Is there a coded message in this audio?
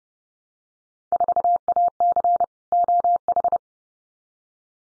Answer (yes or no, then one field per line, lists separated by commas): yes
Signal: Morse code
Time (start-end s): 1.1-3.6 s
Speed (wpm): 30 wpm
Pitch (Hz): 700 Hz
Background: none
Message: 4AC OH